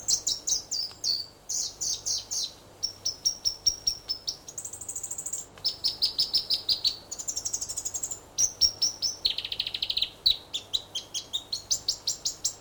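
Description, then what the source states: North Island robin singing a continuous chain of shrill repeated notes, phrases shifting abruptly up and down in pitch, some notes buzzy and trilled, delivered rapidly with short gaps. New Zealand.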